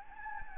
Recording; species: mosquito wingbeat signal from an infrared sensor; Anopheles gambiae